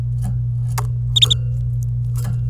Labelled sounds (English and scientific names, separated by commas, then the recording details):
Domestic Canary (Serinus canaria) song
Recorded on 26 April 2018 at 09:19
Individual llb3